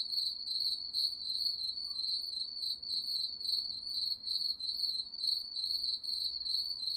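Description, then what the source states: Crickets trilling high and almost without a break over quiet low background noise. Crickets recorded at night.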